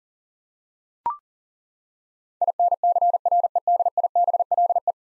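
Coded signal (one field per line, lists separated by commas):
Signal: Morse code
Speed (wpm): 40 wpm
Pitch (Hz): 700 Hz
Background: none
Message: INCREDIBLE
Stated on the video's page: Morse head-copy drill of ten-letter words at 40 wpm, each word sent, spoken, then sent again.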